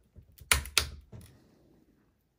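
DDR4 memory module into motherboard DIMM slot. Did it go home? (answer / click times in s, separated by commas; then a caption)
yes / 0.5 s, 0.8 s. A DDR4 memory module is pressed into a motherboard DIMM slot until both retention clips snap home, and the module is seated. Two sharp, loud clicks ring out at 0.5 s and 0.8 s, one for each latch. Softer handling rustle comes before and after.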